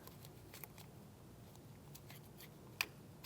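The small plastic cable cover door on a 2016-2025 Chevrolet Malibu trunk lock actuator is slid into its groove. Faint plastic ticks and scrapes are heard first, then one sharp click at 2.8 s as the door locks into place.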